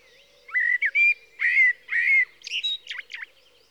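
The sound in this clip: Common blackbird song: several mellow fluting whistled phrases, then a quick, high, scratchy twittering flourish at the end.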